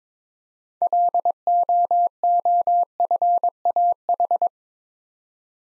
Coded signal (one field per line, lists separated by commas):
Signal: Morse code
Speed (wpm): 22 wpm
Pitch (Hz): 700 Hz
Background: none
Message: LOOFAH